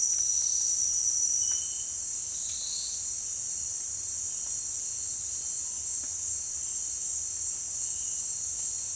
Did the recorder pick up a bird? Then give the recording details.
no. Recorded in dense forest near Puerto Asís, Putumayo, Colombia, on 29 June 2025 at 17:00. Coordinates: 0.466, -76.327. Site GP04